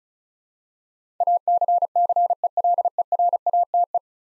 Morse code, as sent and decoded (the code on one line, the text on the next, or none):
.- -.-. -.-. . .-.. . .-. .- - .
ACCELERATE